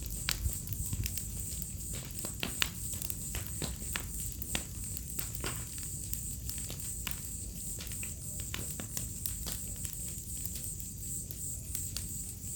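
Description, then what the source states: Crickets keep up a continuous high pulsed chorus while a fire snaps and crackles irregularly over a low rumble. Symphony of crickets on an autumn night beside a crackling bonfire, in a village in the middle of Mata Atlântica rainforest.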